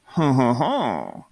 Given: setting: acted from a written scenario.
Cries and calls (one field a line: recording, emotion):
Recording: vocal sound without words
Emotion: romantic love